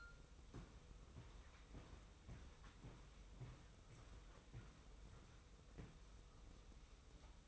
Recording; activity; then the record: daily activity, microphone in the room; walk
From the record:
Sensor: 1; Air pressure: 990.7 hPa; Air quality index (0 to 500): 149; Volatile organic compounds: 1000 ppm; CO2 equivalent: 5376 ppm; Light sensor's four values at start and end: 27/63/27/29 and 28/65/28/30